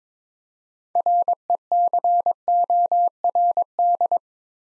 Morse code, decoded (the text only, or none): RECORD